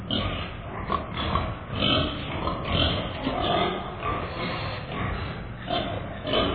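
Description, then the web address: Pigs grunting and oinking continuously, overlapping low rough grunts and snorts with no pause. "Sound Effects Special FX 2. Pigs"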